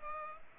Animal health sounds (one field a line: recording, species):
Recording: mosquito wingbeat signal from an infrared sensor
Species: Culex pipiens